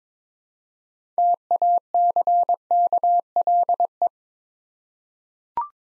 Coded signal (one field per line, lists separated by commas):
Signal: Morse code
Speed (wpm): 22 wpm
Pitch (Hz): 700 Hz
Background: none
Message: TACKLE